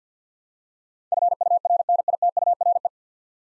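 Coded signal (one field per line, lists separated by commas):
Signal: Morse code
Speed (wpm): 50 wpm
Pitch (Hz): 700 Hz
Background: none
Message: FURNITURE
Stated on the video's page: Morse practice of nine-letter words at 50 wpm, each sent, spoken, then sent again.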